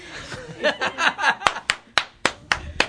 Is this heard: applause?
yes